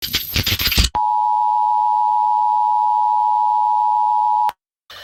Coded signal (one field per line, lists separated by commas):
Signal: Emergency Alert System (SAME) tones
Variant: 853 and 960 Hz attention tone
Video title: EAS SCENARIO #43: LAVA PART 2